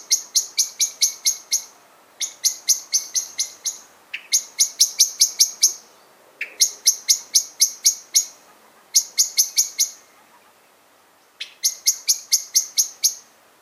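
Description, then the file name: Common blackbird giving sharp, metallic chink calls in rapid bursts of several notes, separated by short pauses, six bursts in all. "Turdus merula"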